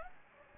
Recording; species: mosquito wingbeat signal from an infrared sensor; Anopheles gambiae